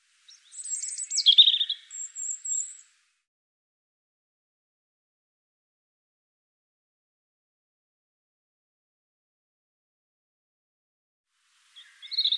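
European robin singing a short phrase of high, shimmering notes with a sharp descending slur, then silence until a new phrase starts near the end.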